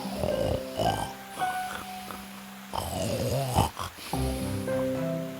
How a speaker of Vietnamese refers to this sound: Sau một lúc thì thấy con sói đang ngủ dưới gốc cây. Nó ngáy to đến nỗi những cành cây cũng phải rung lắc.